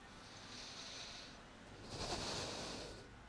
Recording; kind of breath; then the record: one breath in and out by a microphone near the nose and mouth; deep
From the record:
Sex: male